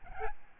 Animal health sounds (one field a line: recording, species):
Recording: mosquito wingbeat signal from an infrared sensor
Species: Aedes albopictus